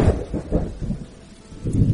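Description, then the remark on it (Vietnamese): Deep, heavy thunder rumbles and booms in rolling waves after a flash of lightning, fading briefly before a second loud surge, with a steady hiss of rain underneath. “Một tia chớp lại lóe lên bên ngoài, lại truyền đến một tiếng sấm.”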